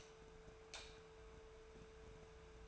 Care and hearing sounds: daily activity, microphone in the room; light off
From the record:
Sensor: 2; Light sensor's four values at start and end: 33/87/37/40 and 29/70/30/33

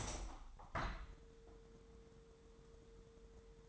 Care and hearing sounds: daily activity, microphone in the room; open window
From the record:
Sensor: 3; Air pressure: 999.8 hPa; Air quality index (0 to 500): 217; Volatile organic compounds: 76 ppm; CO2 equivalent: 3573 ppm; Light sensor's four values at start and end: 9/22/9/8 and 10/22/9/9

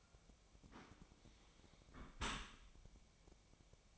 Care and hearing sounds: daily activity, microphone in the room; close dishwasher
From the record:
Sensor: 1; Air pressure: 1003.1 hPa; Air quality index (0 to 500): 195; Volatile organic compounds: 6 ppm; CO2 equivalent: 1866 ppm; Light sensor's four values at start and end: 18/44/18/22 and 18/45/19/22

